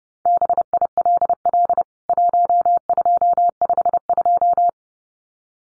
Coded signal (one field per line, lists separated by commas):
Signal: Morse code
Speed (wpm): 30 wpm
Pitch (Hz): 700 Hz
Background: none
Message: BILL 1252